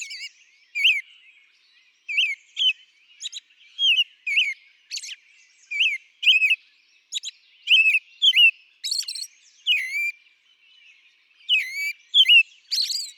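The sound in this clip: American robin singing clear, slurred whistled notes in short runs, broken by gaps, with occasional higher squeaky notes mixed in.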